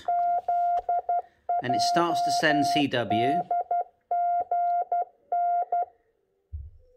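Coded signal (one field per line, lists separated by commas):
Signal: Morse code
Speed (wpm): 12 wpm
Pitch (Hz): 700 Hz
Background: speech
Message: ZJDGN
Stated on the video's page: CW training mode of a Yaesu 857D transceiver.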